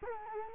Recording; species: mosquito wingbeat signal from an infrared sensor; Culex quinquefasciatus